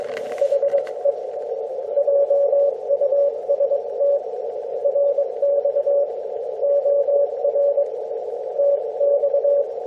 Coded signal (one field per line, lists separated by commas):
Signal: Morse code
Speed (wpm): 22 wpm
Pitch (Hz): 570 Hz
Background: radio noise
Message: HE JUST RX OR TX